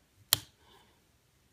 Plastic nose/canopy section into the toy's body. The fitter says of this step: snap this back